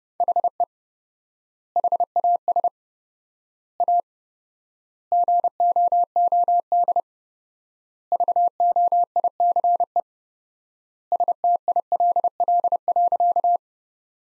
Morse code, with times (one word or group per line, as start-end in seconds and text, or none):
0.2-0.6 HE
1.8-2.7 HAS
3.8-4.0 A
5.1-7.0 GOOD
8.1-10.0 VOICE
11.1-13.6 STILL.